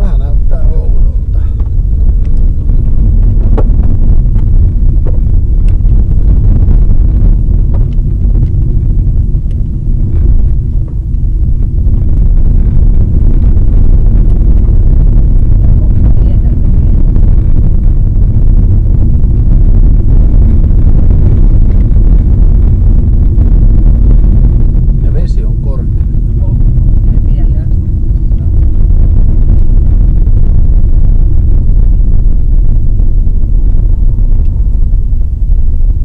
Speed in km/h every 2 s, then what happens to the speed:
31, 40, 45, 50, 42, 48, 50, 53, 53, 55, 54, 53, 53, 47, 37, 33, 29, 30.
0-6 speeds up to 50. 6-25 steady at about 53. 25-31 brakes to 29.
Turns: none.